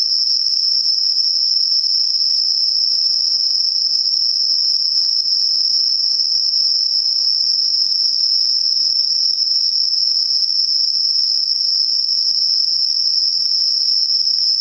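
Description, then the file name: Insects producing a continuous high, ringing trill at an even pitch throughout, against a quiet background. Night insects; recorded at night, dated 12 September 2023. "yorunomushi 230912"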